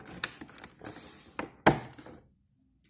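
Two window regulator switches on an Audi TT Mk2 are pressed into the plastic car door armrest trim until their clips snap home. Sharp clicks land at 0.2 s and 1.7 s, with quieter ticks and rustle around them and a faint tick near 2.8 s. Both switches end up seated in the trim.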